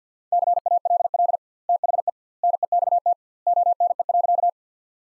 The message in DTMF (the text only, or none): none